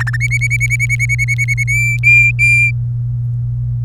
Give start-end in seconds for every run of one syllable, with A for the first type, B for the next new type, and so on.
0.00-0.17 A, 0.20-1.64 B, 1.68-2.71 C